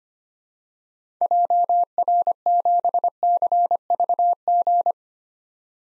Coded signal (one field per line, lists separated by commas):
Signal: Morse code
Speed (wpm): 25 wpm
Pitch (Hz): 700 Hz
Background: none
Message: JR7CVG